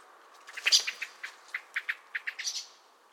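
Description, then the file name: Common blackbird giving a rapid series of sharp, clicking chuck notes, about a dozen in three seconds, with a couple of higher squeaky notes mixed in. "Turdus merula"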